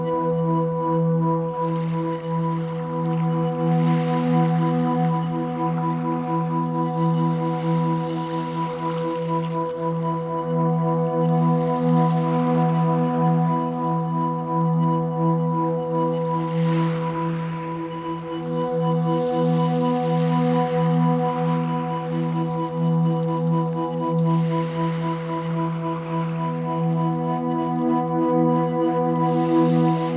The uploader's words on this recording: We are still on Sauvie Island, walking along the beach of a wooded peninsula called Willow Bar Beach. It’s a cool late October morning. The wave action is the wake of small, medium and large ocean-going ships.